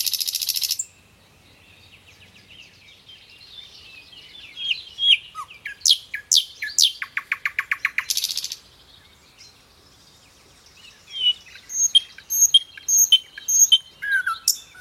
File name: canto do rouxinol de tordo